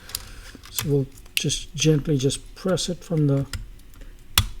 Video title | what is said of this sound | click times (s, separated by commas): Replace Battery HP x360m Convertible Laptop | sides like so. And you should hear like a little click and | 4.4 s